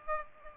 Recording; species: mosquito wingbeat signal from an infrared sensor; Aedes aegypti